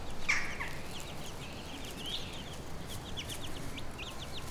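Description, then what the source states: Chicken sounds: a short sharp squawk at the start, then scattered thin, high chick peeps continuing through the rest, with low background noise. Hen with her chicks, Brownsea Island.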